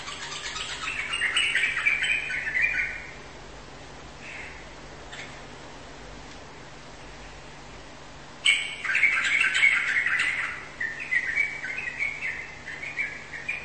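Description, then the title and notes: Bird song: two bursts of rapid, chattering warbled phrases separated by a quiet gap of several seconds, with faint isolated notes in between and a steady low hum. "Kicau Burung Lengkap"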